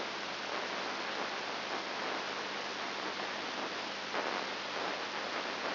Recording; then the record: brain microelectrode recording played as sound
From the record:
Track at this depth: inside the subthalamic nucleus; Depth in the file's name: 3.701 mm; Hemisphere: left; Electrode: 2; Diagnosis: Parkinson's disease